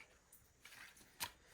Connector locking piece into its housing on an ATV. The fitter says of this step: This is going to go in separately, so it locks into place.